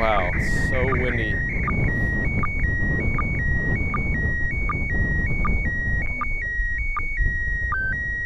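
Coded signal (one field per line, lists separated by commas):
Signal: SSTV (slow-scan television)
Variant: PD 180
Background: speech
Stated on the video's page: MAI-75 SSTV transmitted from the ISS, received during a pass over North America.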